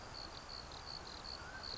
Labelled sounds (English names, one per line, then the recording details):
Mountain Quail
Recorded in Sonoma County, California